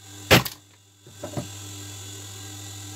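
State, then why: Seated. A metal eyelet (grommet) in a fabric cap visor is struck with the back of an axe used as a hammer, producing a sharp impact at 0.3 s with a brief rebound tap just after. Two softer knocks follow around 1.2–1.4 s over a steady low hum. The eyelet's two halves crimp together and it is locked in place.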